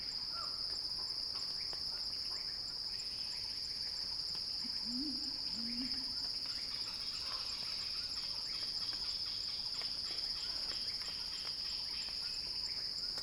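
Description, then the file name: Cicada song: a constant high whine that never pauses, with scattered faint chirps and a short low wavering sound midway. Cicada song building in a crescendo; recorded by Axel Drioli for Sounding Wild. "earth-fm Axel-Drioli Cicada-Crescendo-Sounding-Wild"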